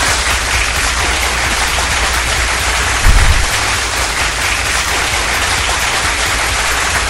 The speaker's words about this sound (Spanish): Un fuerte, fuerte aplauso.